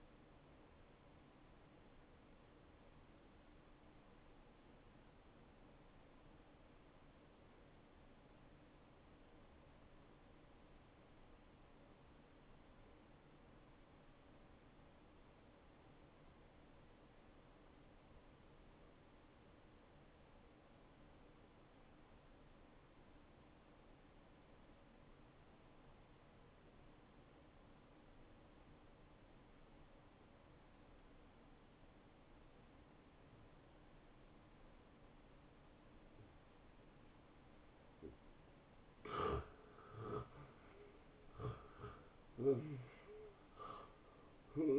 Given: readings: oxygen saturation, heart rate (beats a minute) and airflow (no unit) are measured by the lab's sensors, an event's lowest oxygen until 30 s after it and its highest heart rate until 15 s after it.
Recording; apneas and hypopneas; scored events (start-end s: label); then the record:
breathing in sleep by a voice recorder at the bedside; 1
6.00-40.60 s: hypopnea (N1, oxygen 93% highest, then 81% lowest, heart rate 69 at the start, 79 highest)
From the record:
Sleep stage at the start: N1 (lightest sleep); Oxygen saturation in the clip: 84 to 93%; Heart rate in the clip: 58 to 73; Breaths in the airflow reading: 6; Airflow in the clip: -16.1 to 7.6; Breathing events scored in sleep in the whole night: 263 in 5.5 hours asleep